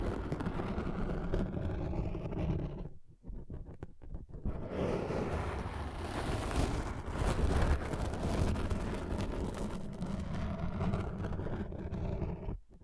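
Scratching and tracing sounds form a dense, rough, rumbling texture, heavy in the low end with gritty scraping above. Around three to four and a half seconds it thins to a few short isolated strokes, then resumes fuller and louder, with a brief drop near the end.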